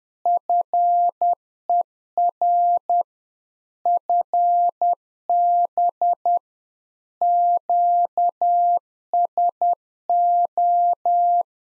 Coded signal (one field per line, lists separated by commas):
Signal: Morse code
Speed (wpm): 10 wpm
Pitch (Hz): 700 Hz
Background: none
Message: FER FB QSO